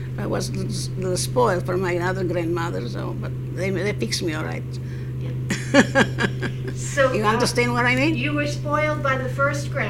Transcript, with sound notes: I was spoiled from my other grandmother, so, but they fix me all right. (she laughs)
So...
You understand what I mean?
You were spoiled by the first grandmother?